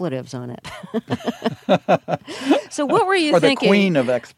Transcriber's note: laughter